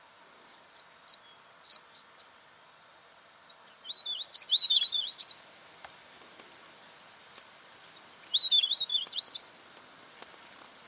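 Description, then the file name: Weebill singing: thin high ticking notes lead into two bursts of sweet, wavering warbled phrases several seconds apart, with soft hiss behind. "canto do gerigono de bico curto"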